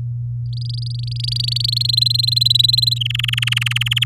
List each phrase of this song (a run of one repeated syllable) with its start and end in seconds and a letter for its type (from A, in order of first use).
0.53-1.91 A, 1.93-3.03 B, 3.05-4.04 C